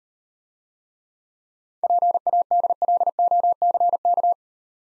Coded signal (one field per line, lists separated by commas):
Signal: Morse code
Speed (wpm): 39 wpm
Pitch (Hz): 700 Hz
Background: none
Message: PADLOCK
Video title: Easy Words - Speed-Racing with Hints - 30wpm